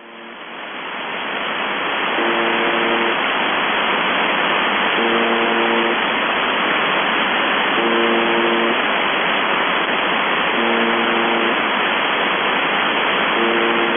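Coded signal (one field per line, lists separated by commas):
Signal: channel marker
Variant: UVB-76 (The Buzzer)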